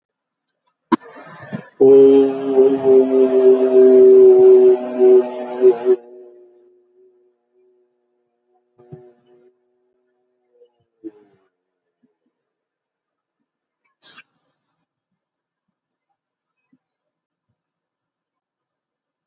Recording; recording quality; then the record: sustained vowel as in boot; excellent, no background noise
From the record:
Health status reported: healthy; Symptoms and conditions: none ticked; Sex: male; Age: 52 years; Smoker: not ticked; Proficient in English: no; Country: India